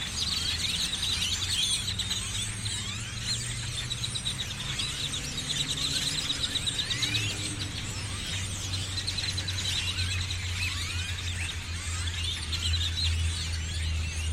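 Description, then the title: Birds: a dense chorus of quick squeaky notes and slurred whistles runs without pause over a low hum. Birds perched on electrical lines, Austin, Texas, USA, January 2012; binaural, made while cycling through the USA. "Birds on electrical lines - Binaural field recording, Austin, Texas, 01 2012"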